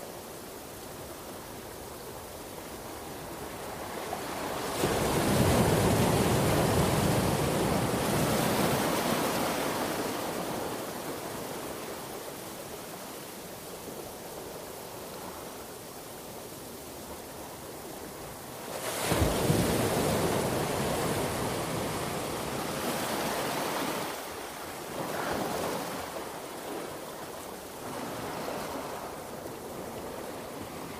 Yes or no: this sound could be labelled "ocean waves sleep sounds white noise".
yes